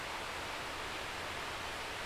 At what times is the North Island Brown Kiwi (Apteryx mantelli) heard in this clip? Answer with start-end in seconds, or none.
none